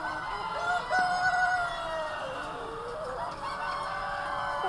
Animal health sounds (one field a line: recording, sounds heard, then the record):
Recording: poultry house recording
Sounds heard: healthy chickens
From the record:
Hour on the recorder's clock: 3